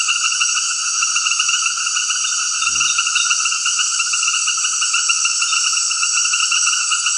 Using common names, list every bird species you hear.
none